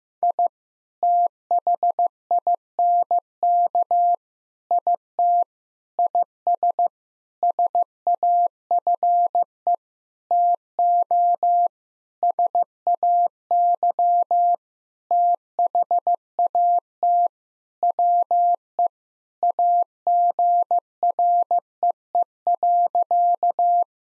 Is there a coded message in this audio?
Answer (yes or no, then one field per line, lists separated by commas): yes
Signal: Morse code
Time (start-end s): 0.2-23.8 s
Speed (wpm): 15 wpm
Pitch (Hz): 700 Hz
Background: none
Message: I THINK IT IS SAFE TO SAY THAT WE AGREE.